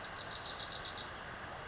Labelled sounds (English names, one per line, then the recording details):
Bewick's Wren
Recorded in Sonoma County, California